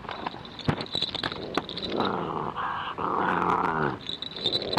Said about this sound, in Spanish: Bueno, ahora si quieren escuchar la campanita de mi perra.